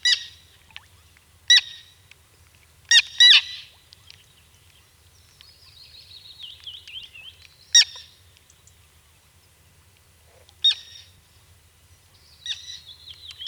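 Bird uttering scattered loud rasping notes, some doubled, with a long soft warbling chatter running between them.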